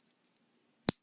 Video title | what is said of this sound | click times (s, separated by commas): Beyblade Burst Evolution Spryzen Requiem Unboxing/Review/Test | like that you just twist until it it locks into place so right | 0.9 s